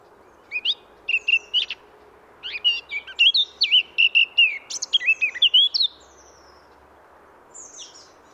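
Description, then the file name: Eurasian blackcap singing two phrases of fast, varied chattering and whistled notes, the second longer and richer, followed by a faint short phrase. "Sylvia atricapilla"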